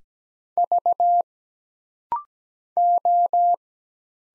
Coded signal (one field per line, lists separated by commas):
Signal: Morse code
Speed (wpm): 17 wpm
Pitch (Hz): 700 Hz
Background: none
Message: V O